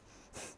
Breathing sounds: one breath in and out by a microphone near the nose and mouth; strong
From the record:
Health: marked as sick, illness not named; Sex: female

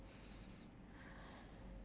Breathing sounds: one breath in and out by a microphone near the nose and mouth; deep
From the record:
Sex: male

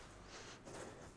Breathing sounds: one breath in and out by a microphone near the nose and mouth; strong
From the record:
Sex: female

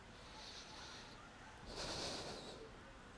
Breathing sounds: one breath in and out by a microphone near the nose and mouth; deep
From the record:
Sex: male

